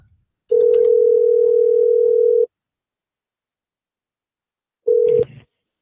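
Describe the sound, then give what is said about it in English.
A telephone ringback tone: one steady, mid-pitched electronic purr lasting about two seconds, a long silence, then a second ring that starts and is abruptly cut off. No one speaks. “Oh, and it's our favorite fake ringing.”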